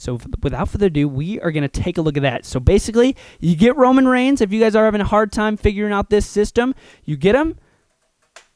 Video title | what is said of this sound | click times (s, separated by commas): WWE WREKKIN SLAMBULANCE PLAYSET REVIEW | push him back until you hear a click, and then what you would normally do, what I'm going to do right | 8.4 s